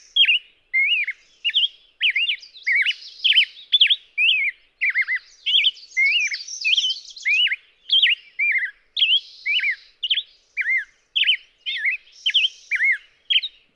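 Black-headed grosbeak song: a long, steady stream of rich whistled notes, each slurred up or down, repeated in rapid succession with occasional brief breaks.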